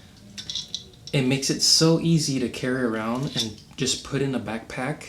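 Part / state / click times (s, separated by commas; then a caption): gimbal arm into its folded lock position / seated / 0.5 s, 0.7 s. Zhiyun WEEBILL-S gimbal arms are folded into their compact position and lock into place with sharp clicks at 0.5 s and 0.7 s, followed by a fainter sound near 0.9 s. Someone then talks about how easy the folded gimbal is to carry around in a backpack.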